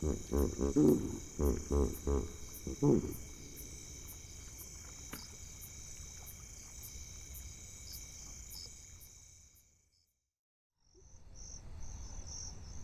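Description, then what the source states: Hippopotamus grunting, a series of deep pulsed grunts over about three seconds, then quiet background hum with a brief silence. Hippopotamus vocalisations.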